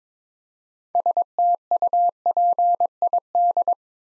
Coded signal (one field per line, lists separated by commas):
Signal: Morse code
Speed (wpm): 22 wpm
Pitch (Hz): 700 Hz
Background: none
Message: STUPID